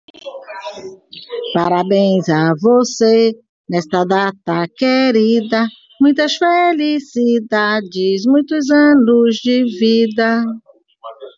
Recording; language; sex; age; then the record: short text; Brazilian Portuguese; female; 60 to 69 years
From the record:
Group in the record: control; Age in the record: 61 years